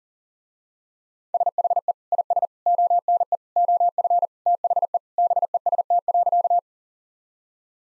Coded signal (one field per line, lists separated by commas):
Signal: Morse code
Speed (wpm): 40 wpm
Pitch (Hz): 700 Hz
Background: none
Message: SHE IS ONE OF THE BEST.